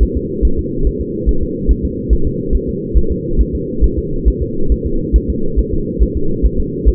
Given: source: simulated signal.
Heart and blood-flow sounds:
fetal heart sounds
0.03 s: S1
0.17 s: S2
0.45 s: S1
0.59 s: S2
0.87 s: S1
1.01 s: S2
1.29 s: S1
1.43 s: S2
1.71 s: S1
1.85 s: S2
2.13 s: S1
2.27 s: S2
2.55 s: S1
2.69 s: S2
2.97 s: S1
3.12 s: S2
3.41 s: S1
3.55 s: S2
3.84 s: S1
3.98 s: S2
4.28 s: S1
4.42 s: S2
4.72 s: S1
4.86 s: S2
5.16 s: S1
5.30 s: S2
5.59 s: S1
5.73 s: S2
6.02 s: S1
6.17 s: S2
6.45 s: S1
6.60 s: S2
6.88 s: S1
From the record:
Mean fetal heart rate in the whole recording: 140 bpm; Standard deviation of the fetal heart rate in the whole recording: 2 bpm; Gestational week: 34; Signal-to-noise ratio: -8.1 dB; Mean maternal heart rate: 72 bpm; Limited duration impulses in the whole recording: absent

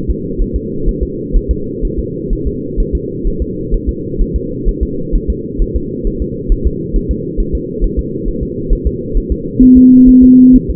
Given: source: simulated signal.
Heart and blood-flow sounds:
fetal heart sounds
0.10 s: S2
0.42 s: S1
0.56 s: S2
0.89 s: S1
1.03 s: S2
1.37 s: S1
1.51 s: S2
1.85 s: S1
1.99 s: S2
2.33 s: S1
2.47 s: S2
2.80 s: S1
2.95 s: S2
3.27 s: S1
3.42 s: S2
3.74 s: S1
3.89 s: S2
4.22 s: S1
4.36 s: S2
4.69 s: S1
4.83 s: S2
5.15 s: S1
5.30 s: S2
5.62 s: S1
5.76 s: S2
6.07 s: S1
6.22 s: S2
6.52 s: S1
6.67 s: S2
6.96 s: S1
7.11 s: S2
7.40 s: S1
7.55 s: S2
7.84 s: S1
7.99 s: S2
8.28 s: S1
8.43 s: S2
8.73 s: S1
8.87 s: S2
9.17 s: S1
9.32 s: S2
9.63 s: S1
9.77 s: S2
10.09 s: S1
10.24 s: S2
10.56 s: S1
10.70 s: S2
From the record:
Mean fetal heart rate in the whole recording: 130 bpm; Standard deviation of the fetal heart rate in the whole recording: 4 bpm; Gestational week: 38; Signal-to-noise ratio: -6.6 dB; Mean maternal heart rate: 72 bpm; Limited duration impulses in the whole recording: present

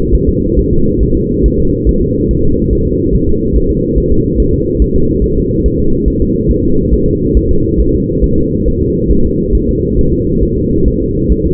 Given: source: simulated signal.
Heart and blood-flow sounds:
fetal heart sounds
0.15 s: S1
0.29 s: S2
0.59 s: S1
0.73 s: S2
1.03 s: S1
1.17 s: S2
1.46 s: S1
1.60 s: S2
1.89 s: S1
2.03 s: S2
2.31 s: S1
2.45 s: S2
2.73 s: S1
2.87 s: S2
3.15 s: S1
3.29 s: S2
3.56 s: S1
3.70 s: S2
3.98 s: S1
4.12 s: S2
4.40 s: S1
4.54 s: S2
4.82 s: S1
4.96 s: S2
5.24 s: S1
5.38 s: S2
5.66 s: S1
5.80 s: S2
6.08 s: S1
6.22 s: S2
6.51 s: S1
6.65 s: S2
6.94 s: S1
7.08 s: S2
7.37 s: S1
7.51 s: S2
7.80 s: S1
7.94 s: S2
8.24 s: S1
8.38 s: S2
8.68 s: S1
8.82 s: S2
9.12 s: S1
9.25 s: S2
9.55 s: S1
9.69 s: S2
9.99 s: S1
10.13 s: S2
10.43 s: S1
10.57 s: S2
10.88 s: S1
11.02 s: S2
11.32 s: S1
11.46 s: S2
From the record:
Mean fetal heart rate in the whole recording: 140 bpm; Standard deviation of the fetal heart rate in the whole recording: 2 bpm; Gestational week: 34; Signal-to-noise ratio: -16.4 dB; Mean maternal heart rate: 72 bpm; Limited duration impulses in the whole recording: present

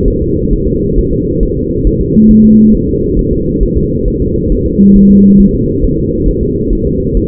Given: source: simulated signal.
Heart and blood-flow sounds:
fetal heart sounds
0.08 s: S1
0.22 s: S2
0.53 s: S1
0.68 s: S2
0.98 s: S1
1.13 s: S2
1.43 s: S1
1.57 s: S2
1.87 s: S1
2.01 s: S2
2.31 s: S1
2.45 s: S2
2.75 s: S1
2.89 s: S2
3.19 s: S1
3.33 s: S2
3.63 s: S1
3.77 s: S2
4.08 s: S1
4.22 s: S2
4.52 s: S1
4.66 s: S2
4.96 s: S1
5.10 s: S2
5.40 s: S1
5.55 s: S2
5.84 s: S1
5.98 s: S2
6.28 s: S1
6.43 s: S2
6.73 s: S1
6.87 s: S2
7.17 s: S1
From the record:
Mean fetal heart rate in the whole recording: 135 bpm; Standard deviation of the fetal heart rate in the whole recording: 3 bpm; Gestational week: 36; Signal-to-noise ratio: -14.7 dB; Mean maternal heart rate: 72 bpm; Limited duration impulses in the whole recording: present

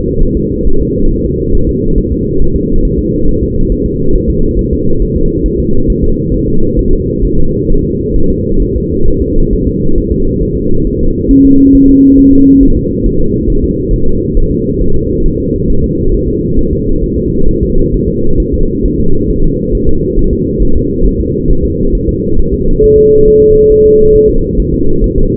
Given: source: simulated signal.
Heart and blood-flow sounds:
fetal heart sounds
0.22 s: S1
0.37 s: S2
0.67 s: S1
0.81 s: S2
1.11 s: S1
1.25 s: S2
1.55 s: S1
1.69 s: S2
1.98 s: S1
2.12 s: S2
2.42 s: S1
2.56 s: S2
2.85 s: S1
2.99 s: S2
3.29 s: S1
3.43 s: S2
3.72 s: S1
3.86 s: S2
4.16 s: S1
4.29 s: S2
4.59 s: S1
4.73 s: S2
5.02 s: S1
5.16 s: S2
5.46 s: S1
5.60 s: S2
5.90 s: S1
6.04 s: S2
6.34 s: S1
6.48 s: S2
6.79 s: S1
6.93 s: S2
7.25 s: S1
7.38 s: S2
7.70 s: S1
7.84 s: S2
8.16 s: S1
8.30 s: S2
8.62 s: S1
8.76 s: S2
9.08 s: S1
9.22 s: S2
9.53 s: S1
9.67 s: S2
9.98 s: S1
10.12 s: S2
10.43 s: S1
10.57 s: S2
10.87 s: S1
11.01 s: S2
11.31 s: S1
11.45 s: S2
11.75 s: S1
11.89 s: S2
12.19 s: S1
12.33 s: S2
12.63 s: S1
12.77 s: S2
13.06 s: S1
13.20 s: S2
13.50 s: S1
13.64 s: S2
13.93 s: S1
14.07 s: S2
14.37 s: S1
14.51 s: S2
14.81 s: S1
14.95 s: S2
15.26 s: S1
15.40 s: S2
15.70 s: S1
15.84 s: S2
16.14 s: S1
16.28 s: S2
16.59 s: S1
16.73 s: S2
17.04 s: S1
17.18 s: S2
17.49 s: S1
17.63 s: S2
17.94 s: S1
18.08 s: S2
18.40 s: S1
18.54 s: S2
18.85 s: S1
19.00 s: S2
19.30 s: S1
19.44 s: S2
19.75 s: S1
19.89 s: S2
20.19 s: S1
20.33 s: S2
20.62 s: S1
20.77 s: S2
21.06 s: S1
21.20 s: S2
21.51 s: S1
21.65 s: S2
21.95 s: S1
22.09 s: S2
22.40 s: S1
22.54 s: S2
22.84 s: S1
22.98 s: S2
23.28 s: S1
23.42 s: S2
23.72 s: S1
23.86 s: S2
24.16 s: S1
24.30 s: S2
24.59 s: S1
24.74 s: S2
25.04 s: S1
25.18 s: S2
From the record:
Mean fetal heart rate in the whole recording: 135 bpm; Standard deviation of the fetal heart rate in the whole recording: 3 bpm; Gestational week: 36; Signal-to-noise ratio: -19.1 dB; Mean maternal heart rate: 72 bpm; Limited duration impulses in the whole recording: present

